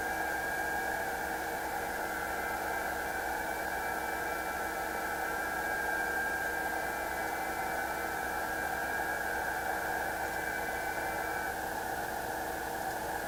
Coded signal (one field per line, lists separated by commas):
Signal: FT8